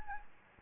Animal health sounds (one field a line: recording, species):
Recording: mosquito wingbeat signal from an infrared sensor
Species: Anopheles gambiae